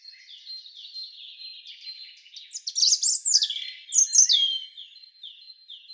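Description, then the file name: European robin song: quiet high twittering builds into loud, sweeping, tumbling phrases, then fades back to thin repeated notes. "Erithacus rubecula"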